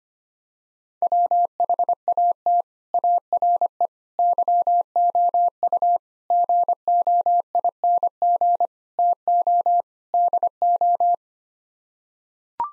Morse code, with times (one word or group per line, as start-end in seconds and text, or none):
1.0-2.6 WHAT
2.9-3.9 ARE
4.2-6.0 YOU
6.3-8.7 GOING
9.0-9.8 TO
10.1-11.1 DO